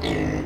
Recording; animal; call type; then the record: contact call of a hoofed animal; pig; closed-mouth grunt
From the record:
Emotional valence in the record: negative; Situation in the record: short social isolation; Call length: 0.46 s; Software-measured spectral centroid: 1940 Hz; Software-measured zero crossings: 1320 a second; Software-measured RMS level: -24 dBFS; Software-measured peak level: -13 dBFS